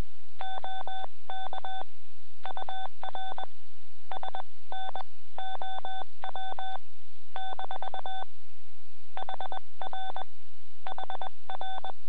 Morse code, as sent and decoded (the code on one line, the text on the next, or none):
--- -.- / ..- .-. / ... -. --- .-- / -....- / .... .-. / .... .-.
OK UR SNOW - HR HR